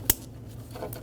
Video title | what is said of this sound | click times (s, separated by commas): How to Replace Radiator Fan Resistor 2000-2007 Ford Focus | install the connector push until you hear a click | 0.1 s